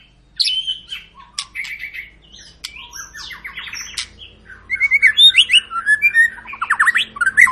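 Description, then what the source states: White-rumped shama song with squeaky whistles, buzzy rattles and quick repeated upswept notes building into a loud rapid series near the end. Long lure song of an actively singing (gacor) bird, used to make birds sing.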